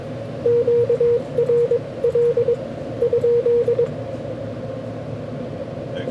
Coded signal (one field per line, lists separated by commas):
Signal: Morse code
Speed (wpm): 22 wpm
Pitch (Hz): 480 Hz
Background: speech, radio noise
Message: QRL ?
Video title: The Battleship North Carolina: An Amazing POTA Activation Like No Other!